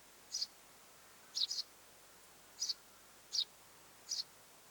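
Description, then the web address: Eurasian tree sparrow chirps: five soft, high single or doubled chirps, spaced about a second apart, over faint hiss. Mother with nestlings in the nest; recorded 25 July 2026. "25 7 2026 pikkuvarpusemo ja poikaset pesassa"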